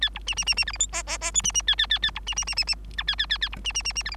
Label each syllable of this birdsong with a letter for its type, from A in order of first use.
A B C C C C D E F G G G H C C A A A A B C C C C C I A A A A B C C C C D E